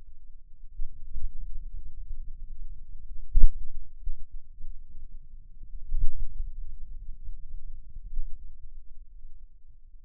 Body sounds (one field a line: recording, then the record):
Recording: forearm muscle sounds (acoustic myography)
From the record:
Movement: pen grasping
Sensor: system 2, bracelet of six BSWA MPA416 microphones around the upper forearm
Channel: 1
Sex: male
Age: 22 years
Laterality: right